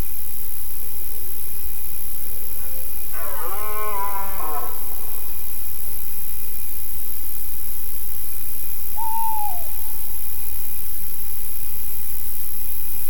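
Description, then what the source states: Red deer roar: one long, rasping bellow rich in harmonics, with a soft low moan before it and a brief sliding whistle afterwards, under steady hiss. Rutting bellows (le brame) recorded in the Forêt de la Double, Dordogne, Périgord.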